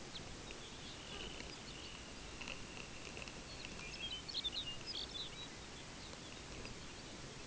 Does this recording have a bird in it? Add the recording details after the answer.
yes. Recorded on Arctic tundra, site UTQI-5, on 14 June 2019. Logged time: 14:00